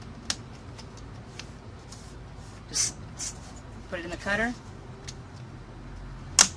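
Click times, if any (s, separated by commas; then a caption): 6.4 s. A wrapper is placed in the cutter of a MyWrapper Platinum paper trimming base, and the plastic clamp bar is pressed down until it snaps into place. Someone talks over faint ticks, then a sharp, loud snap at 6.4 s marks the clamp bar seating.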